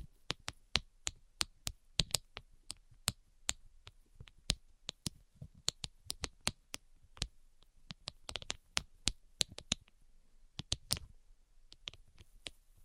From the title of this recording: ASMR 10 Levels of Tapping